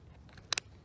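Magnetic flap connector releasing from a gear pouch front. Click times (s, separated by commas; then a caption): 0.5 s, 0.6 s. The magnetic flap connector on the front of a Six Moon Designs ePouch gear pouch is tugged apart. After a few faint soft rustles, two loud, short, bright snaps land at 0.5 s and 0.6 s. The magnetic flap closure is released and pulled open.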